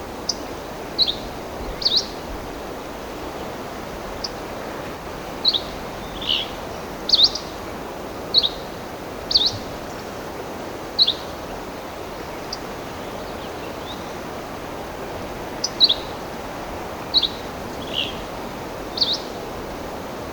Dusky Flycatcher song recorded in the Wild Basin Moraine of Rocky Mountain National Park.